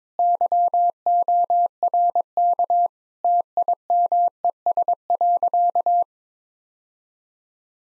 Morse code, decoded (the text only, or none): YORK TIMES.